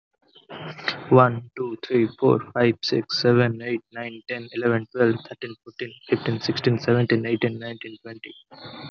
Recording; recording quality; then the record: counting at a fast pace; excellent, no background noise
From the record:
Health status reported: healthy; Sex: male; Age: 20 years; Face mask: not worn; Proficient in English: yes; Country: India